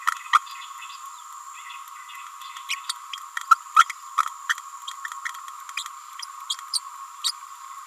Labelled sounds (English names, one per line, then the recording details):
Green-rumped Parrotlet babbling
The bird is a female
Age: 29 days
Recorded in a nest box in Venezuela
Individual 17B31A3